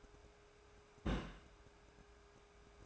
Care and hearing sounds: daily activity, microphone in the room; place on stove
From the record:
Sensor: 2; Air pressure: 1010.2 hPa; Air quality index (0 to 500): 160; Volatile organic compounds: 7 ppm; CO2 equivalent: 2013 ppm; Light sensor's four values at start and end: 42/100/45/50 and 42/100/45/50

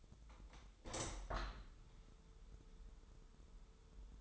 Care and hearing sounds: daily activity, microphone in the room; open window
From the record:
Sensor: 3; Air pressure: 995.7 hPa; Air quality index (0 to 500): 96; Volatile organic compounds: 13 ppm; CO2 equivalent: 2415 ppm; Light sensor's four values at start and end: 27/83/35/30 and 28/84/35/31

